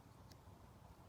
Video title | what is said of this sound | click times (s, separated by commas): Boker Plus Tech Tool 1 - Review & Exclusives | probably didn't hear that but it just hit the half stop so | 0.3 s